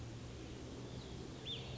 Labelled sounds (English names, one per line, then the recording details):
Cassin's Vireo
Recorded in Sonoma County, California